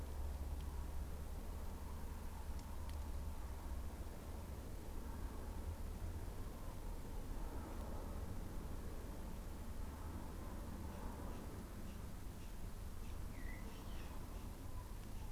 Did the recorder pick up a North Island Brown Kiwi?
no